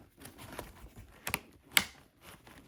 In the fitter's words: that clicks as well.